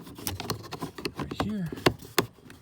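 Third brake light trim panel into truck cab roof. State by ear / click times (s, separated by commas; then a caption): seated / 2.2 s. The plastic trim panel around the third brake light of a 2019 Silverado is pushed back up into place in the truck cab roof on its three snap clips while someone talks, with scattered taps and handling noises. The panel snaps into place with a sharp, loud click at 2.2 s, and it is seated.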